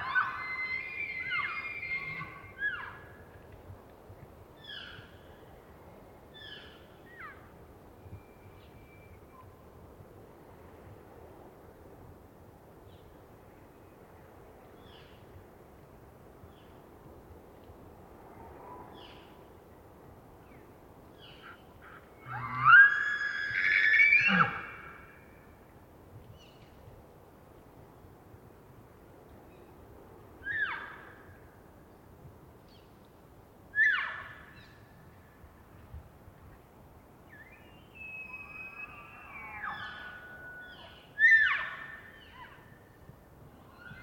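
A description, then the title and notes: Elk calls ring out over a quiet, low rumbling background: bright whistling chirps cluster in the first few seconds, then a loud rising scream around 23 to 25 seconds. Shorter squeals and chirps follow at irregular intervals through the end. A short representative collection of elk (and a few birds) from a recent expedition. It was rutting season in the Colockum Wildlife area. These are raw tracks, down-mixed to stereo (from double-m/s), normalized to -23 LUFS and down-sampled to 48k with no other filtering. Elk, mostly bulls bugling, screaming, roaring, whistling, and chirping.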